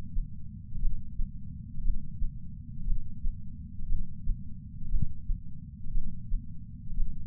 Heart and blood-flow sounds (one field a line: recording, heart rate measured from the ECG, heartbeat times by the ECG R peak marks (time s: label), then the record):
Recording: heart sounds by patch sensor on the chest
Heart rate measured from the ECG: 59 bpm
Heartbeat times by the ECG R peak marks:
0.81 s: heartbeat
1.83 s: heartbeat
2.86 s: heartbeat
3.88 s: heartbeat
4.90 s: heartbeat
5.93 s: heartbeat
6.96 s: heartbeat
From the record:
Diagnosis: coronary artery disease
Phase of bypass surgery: intraoperative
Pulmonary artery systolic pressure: 38 mmHg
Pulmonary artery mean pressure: 23 mmHg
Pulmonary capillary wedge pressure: 11 mmHg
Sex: male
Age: 74 years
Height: 175 cm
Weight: 66 kg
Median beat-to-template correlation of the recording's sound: 0.93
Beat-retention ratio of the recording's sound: 0.98